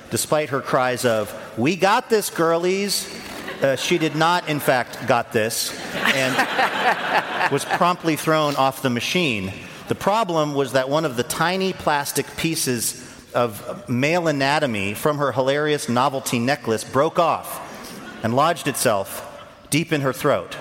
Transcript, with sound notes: Despite her cries of, we got this, girlies, she did not in fact got this and...
(LAUGHTER)
...Was promptly thrown off the machine. The problem was that one of the tiny plastic pieces of male anatomy from her hilarious novelty necklace broke off and lodged itself deep in her throat.